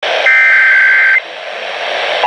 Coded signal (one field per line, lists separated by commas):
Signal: Emergency Alert System (SAME) tones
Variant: header bursts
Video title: First Illinois Required Monthly Test Of 2018! 01/02/2018 (EAS# 137-142)